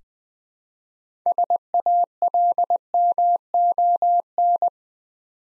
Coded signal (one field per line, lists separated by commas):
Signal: Morse code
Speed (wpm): 20 wpm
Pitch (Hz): 700 Hz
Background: none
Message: SALMON